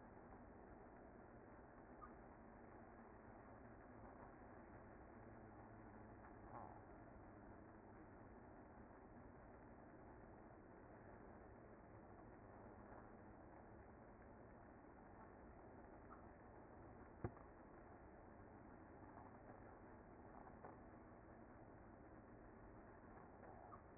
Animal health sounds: honeybee colony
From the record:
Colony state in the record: active

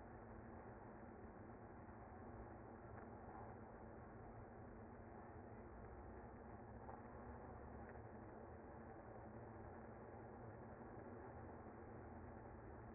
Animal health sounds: honeybee colony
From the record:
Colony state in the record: active

